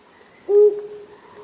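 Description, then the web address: Owl giving one short, low, steady hoot that trails off into a fainter lingering tone, over a quiet background. "BIRD NOTE. Nineteen Owls"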